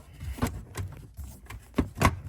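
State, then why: Seated. A replacement interior trim or carpet piece is pressed into the rear seat area of a Porsche 911 Cabriolet, after the old teal-colored piece was removed. A series of short plastic clicks and knocks is heard at about 0.4, 0.8, 1.5 and 1.8 seconds, and the loudest click at 2.1 seconds is the piece seating into place.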